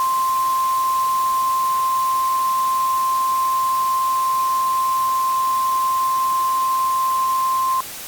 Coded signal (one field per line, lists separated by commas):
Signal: Emergency Alert System (SAME) tones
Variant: 1050 Hz attention tone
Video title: EAS scenario: Turkey Point